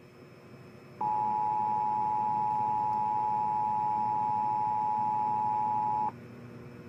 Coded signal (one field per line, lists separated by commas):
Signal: Emergency Alert System (SAME) tones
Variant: 853 and 960 Hz attention tone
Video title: EAS Tests and one FFW from 8/24/22